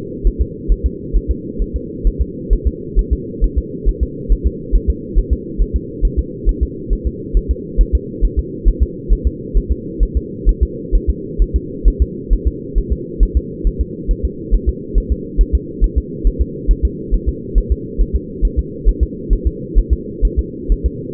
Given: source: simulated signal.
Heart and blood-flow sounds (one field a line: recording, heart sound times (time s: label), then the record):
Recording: fetal heart sounds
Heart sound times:
0.27 s: S1
0.41 s: S2
0.72 s: S1
0.86 s: S2
1.16 s: S1
1.31 s: S2
1.62 s: S1
1.76 s: S2
2.07 s: S1
2.22 s: S2
2.53 s: S1
2.67 s: S2
2.99 s: S1
3.13 s: S2
3.44 s: S1
3.58 s: S2
3.89 s: S1
4.03 s: S2
4.32 s: S1
4.47 s: S2
4.75 s: S1
4.90 s: S2
5.19 s: S1
5.33 s: S2
5.61 s: S1
5.76 s: S2
6.05 s: S1
6.19 s: S2
6.49 s: S1
6.63 s: S2
6.93 s: S1
7.07 s: S2
7.37 s: S1
7.51 s: S2
7.81 s: S1
7.95 s: S2
8.25 s: S1
8.39 s: S2
8.68 s: S1
8.83 s: S2
9.12 s: S1
9.27 s: S2
9.57 s: S1
9.72 s: S2
10.03 s: S1
10.17 s: S2
10.49 s: S1
10.63 s: S2
10.95 s: S1
11.10 s: S2
11.42 s: S1
11.56 s: S2
11.88 s: S1
12.02 s: S2
12.33 s: S1
12.47 s: S2
12.78 s: S1
12.92 s: S2
13.23 s: S1
13.37 s: S2
13.67 s: S1
13.81 s: S2
14.11 s: S1
14.25 s: S2
14.54 s: S1
14.69 s: S2
14.98 s: S1
15.12 s: S2
15.41 s: S1
15.55 s: S2
15.84 s: S1
15.98 s: S2
16.27 s: S1
16.41 s: S2
16.71 s: S1
16.85 s: S2
17.14 s: S1
17.29 s: S2
17.58 s: S1
17.72 s: S2
18.01 s: S1
18.16 s: S2
18.45 s: S1
18.59 s: S2
18.89 s: S1
19.03 s: S2
19.33 s: S1
19.47 s: S2
19.78 s: S1
19.93 s: S2
20.25 s: S1
20.39 s: S2
20.72 s: S1
20.86 s: S2
From the record:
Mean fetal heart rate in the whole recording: 135 bpm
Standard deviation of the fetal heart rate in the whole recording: 3 bpm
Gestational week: 36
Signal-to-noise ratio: -4.1 dB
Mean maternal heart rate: no maternal heart sound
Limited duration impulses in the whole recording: absent